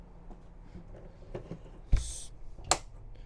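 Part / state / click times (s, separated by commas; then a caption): window latch on the camper wall / seated / 2.7 s. A polycarbonate window on a 2022 OBI Dweller 15 off-road camper is moved until its latch on the camper wall locks it into place. After faint low rustling and a short broadband swish at about 2.0 s, one sharp, loud click rings out at 2.7 s. The window is then seated and locked.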